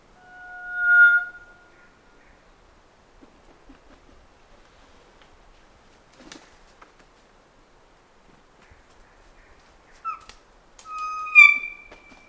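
Kokako: kōkako song: a loud drawn-out pure note at the start, a long near-silent pause, then a few rich whistled notes near the end.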